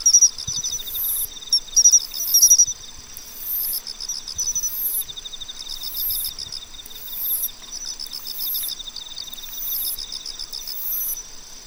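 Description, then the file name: Pine cricket song: brief bright metallic chirps in short bursts early on, set against a dense insect chorus with a steady pulsed trill and regularly repeating high buzzes. "Matsumushi"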